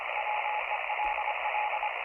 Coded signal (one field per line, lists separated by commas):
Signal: Morse code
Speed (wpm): 25 wpm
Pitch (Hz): 840 Hz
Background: radio noise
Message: WELL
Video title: The Old Tube Radio Network LIVE August 30, 2025